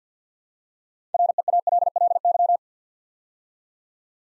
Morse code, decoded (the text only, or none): REALLY